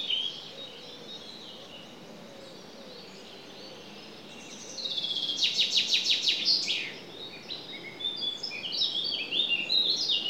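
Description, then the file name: Common chaffinch giving a loud, rapid series of high repeated notes for about two seconds midway, followed by scattered chirps, over faint background bird calls. "Fringilla coelebs"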